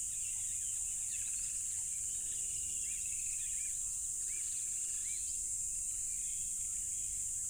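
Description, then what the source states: Cricket chorus, dense and constant, a high even buzz; birds add short looped whistles and a faint low droning tone in the background. Loud crickets recorded at a tropical river.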